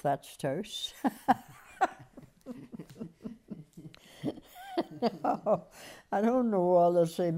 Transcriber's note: they laugh